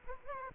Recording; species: mosquito wingbeat signal from an infrared sensor; Culex quinquefasciatus